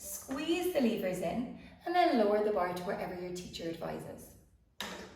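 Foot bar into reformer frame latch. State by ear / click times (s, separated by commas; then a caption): not seated / none. Someone talks while the levers on the metal foot bar of a Pilates reformer are squeezed and the bar is lowered toward its latch in the reformer frame. A brief sharp sound is heard at about 4.8 seconds, but the clip ends before the bar latches into its new setting, so nothing has seated or clicked yet.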